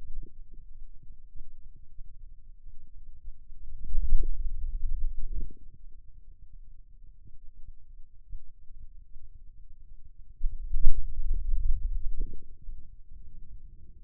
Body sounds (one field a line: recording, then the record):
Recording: forearm muscle sounds (acoustic myography)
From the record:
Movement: hand closing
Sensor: system 2, bracelet of six BSWA MPA416 microphones around the upper forearm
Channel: 2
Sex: male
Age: 22 years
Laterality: right